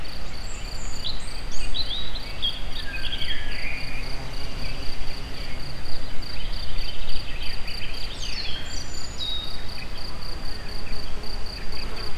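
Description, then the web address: Insects keep up an even, rapidly pulsed high chirp while birds twitter in bursts above a heavy low rumble. Insect sounds recorded in nature at very close range at the Eger tourist house (Egerturistaház). "allathangok termeszetben rovarok premium egeszenkozelrol egerturistahaz"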